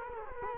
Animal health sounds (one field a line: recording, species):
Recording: mosquito wingbeat signal from an infrared sensor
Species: Culex quinquefasciatus